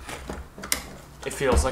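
Someone presses the orange button on the plastic folding foregrip of a toy foam-dart blaster mounted on the rail, and the grip pops back out from its folded, locked position. Two sharp plastic clicks sound at 0.6 s and 0.7 s, the second much louder. Someone talks throughout, and the grip is released, locking in both positions.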